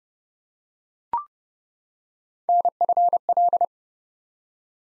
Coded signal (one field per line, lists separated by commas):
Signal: Morse code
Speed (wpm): 30 wpm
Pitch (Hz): 700 Hz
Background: none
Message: NFL